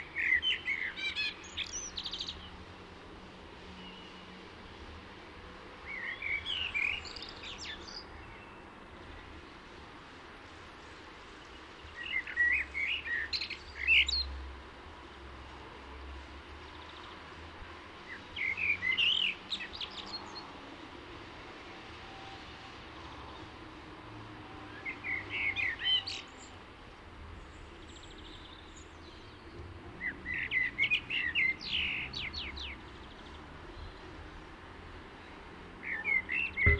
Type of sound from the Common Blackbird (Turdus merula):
song